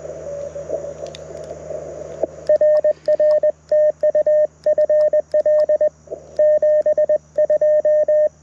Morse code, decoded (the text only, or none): R R TU FL 72